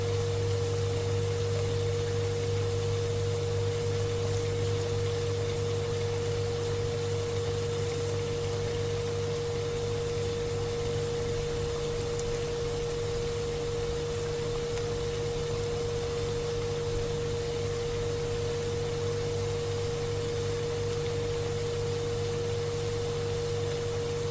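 Kitchen sounds: a steady appliance hum with a low drone and a clear mid tone, over constant even hiss, unchanging throughout.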